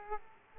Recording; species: mosquito wingbeat signal from an infrared sensor; Aedes aegypti